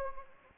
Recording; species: mosquito wingbeat signal from an infrared sensor; Anopheles gambiae